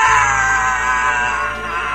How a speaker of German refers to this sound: Hast du das gehört? Ja, der Schrei ist wahrscheinlich auch mit aufgenommen.